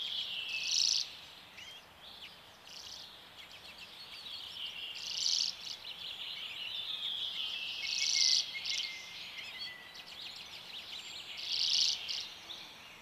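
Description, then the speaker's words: Common Redpoll calls, high chattering twitters with four louder bursts spread throughout. Described as a soft whispering or rustling sound as it flies over. "Tällainen ääni kuuluu urpiaisesta."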